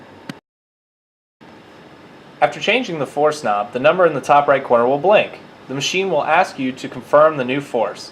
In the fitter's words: slide the turret so the indenter tip is above your sample you should hear it click into place